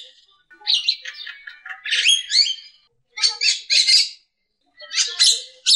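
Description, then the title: Javan myna calls: harsh, buzzy squawks and chattering notes in uneven bursts with brief pauses between them. "Jalak Kerbau"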